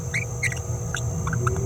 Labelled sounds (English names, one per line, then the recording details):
Green-rumped Parrotlet babbling
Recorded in a nest box in Venezuela
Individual 18B17A3